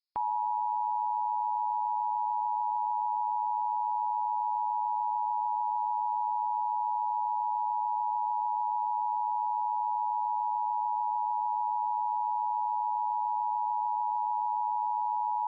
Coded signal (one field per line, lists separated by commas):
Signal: Emergency Alert System (SAME) tones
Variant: 853 and 960 Hz attention tone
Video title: EAS Scenario - What If? (1983)